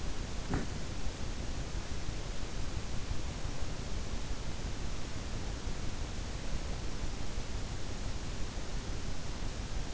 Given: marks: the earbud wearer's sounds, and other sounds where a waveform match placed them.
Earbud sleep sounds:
sounds in sleep by an in-ear microphone; teeth grinding
0.00-0.71 s: teeth grinding

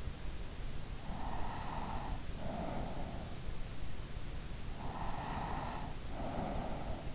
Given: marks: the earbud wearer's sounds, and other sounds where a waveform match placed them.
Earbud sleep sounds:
sounds in sleep by an in-ear microphone; breath
0.96-3.73 s: breath
4.65-7.15 s: breath

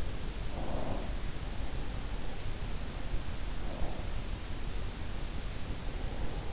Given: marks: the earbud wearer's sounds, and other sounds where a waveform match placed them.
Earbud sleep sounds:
sounds in sleep by an in-ear microphone; breath
0.50-1.21 s: breath
3.54-4.12 s: breath

